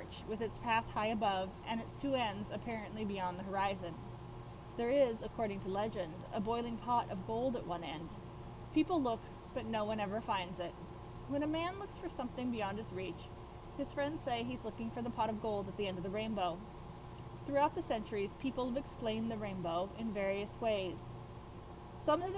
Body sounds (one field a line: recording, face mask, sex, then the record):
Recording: reading aloud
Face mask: surgical mask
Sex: female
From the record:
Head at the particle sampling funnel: not facing it